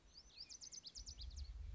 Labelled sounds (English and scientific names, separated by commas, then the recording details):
Lazuli Bunting (Passerina amoena)
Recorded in Sonoma County, California